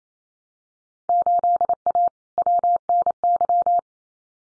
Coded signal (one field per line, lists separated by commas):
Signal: Morse code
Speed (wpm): 28 wpm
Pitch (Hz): 700 Hz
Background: none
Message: 8A WNY